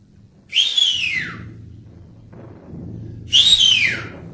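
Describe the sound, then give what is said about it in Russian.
Two sharp alarm whistles from a partisan detachment's duty guard signalling an alarm, each a high bright blast that rises then slides downward, separated by a pause of about two seconds, over a low steady rumble. “Чуешь? Дежурный сигналит тревогу.”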